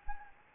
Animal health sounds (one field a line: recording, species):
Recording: mosquito wingbeat signal from an infrared sensor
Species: Anopheles gambiae